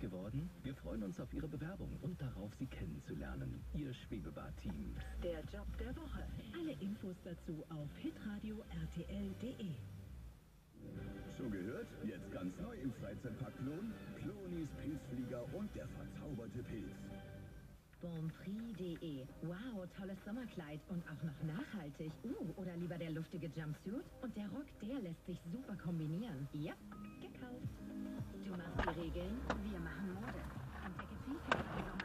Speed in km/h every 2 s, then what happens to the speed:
0, 0, 0, 0, 0, 0, 0, 0, 0, 0, 0, 0, 0, 0, 0, 0.
0-32 standing.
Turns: none.